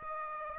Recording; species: mosquito wingbeat signal from an infrared sensor; Aedes aegypti